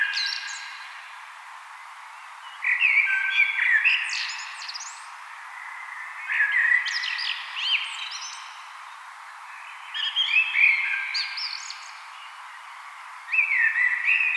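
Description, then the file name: Common blackbird song: several loud, melodious whistled phrases spaced about three to four seconds apart, most finishing with a squeaky high twitter. "Turdus merula"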